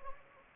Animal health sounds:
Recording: mosquito wingbeat signal from an infrared sensor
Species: Anopheles gambiae

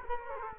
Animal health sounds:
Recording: mosquito wingbeat signal from an infrared sensor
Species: Culex quinquefasciatus

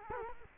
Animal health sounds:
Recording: mosquito wingbeat signal from an infrared sensor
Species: Culex quinquefasciatus

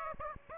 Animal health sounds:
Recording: mosquito wingbeat signal from an infrared sensor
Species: Aedes aegypti

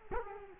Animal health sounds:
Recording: mosquito wingbeat signal from an infrared sensor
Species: Culex quinquefasciatus

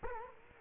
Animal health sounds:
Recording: mosquito wingbeat signal from an infrared sensor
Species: Culex quinquefasciatus

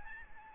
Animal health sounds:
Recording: mosquito wingbeat signal from an infrared sensor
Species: Aedes albopictus

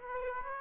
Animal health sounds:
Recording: mosquito wingbeat signal from an infrared sensor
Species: Aedes aegypti

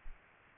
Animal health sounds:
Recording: mosquito wingbeat signal from an infrared sensor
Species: Aedes aegypti

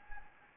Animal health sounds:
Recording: mosquito wingbeat signal from an infrared sensor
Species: Anopheles gambiae

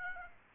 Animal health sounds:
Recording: mosquito wingbeat signal from an infrared sensor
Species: Aedes aegypti

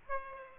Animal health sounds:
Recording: mosquito wingbeat signal from an infrared sensor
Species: Aedes aegypti

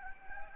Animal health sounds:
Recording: mosquito wingbeat signal from an infrared sensor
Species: Anopheles gambiae

